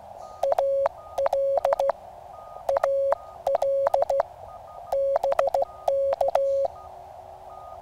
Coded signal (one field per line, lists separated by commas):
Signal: Morse code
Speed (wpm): 16 wpm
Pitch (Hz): 550 Hz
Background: none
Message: AL AL BK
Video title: N4BKY QSO